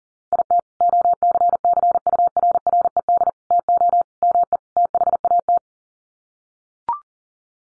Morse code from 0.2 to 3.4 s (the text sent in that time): IT OCCURRED